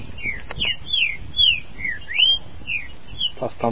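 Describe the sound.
Green-winged saltator song, a run of rich whistled slurs rising and falling, about eight notes, with low rumbling background noise and a few knocks at the end.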